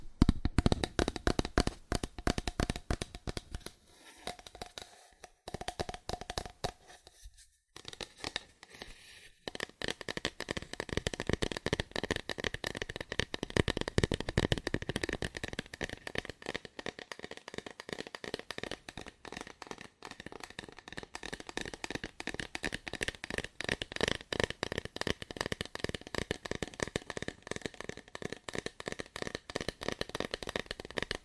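Fast, aggressive tapping on cardboard runs almost without pause, a dense stream of sharp, dry knocks. A few brief gaps break it near the start, around five and seven to nine seconds, then it settles into a steady, rapid, even rhythm with a faint hollow ring.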